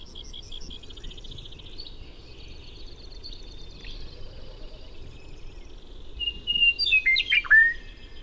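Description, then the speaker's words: Western meadowlark song, a clear flute-like phrase slurring sharply downward near the end, after faint high twittering notes over a quiet background hum. Recorded in Montana. "In Montana, the western meadowlark says it all."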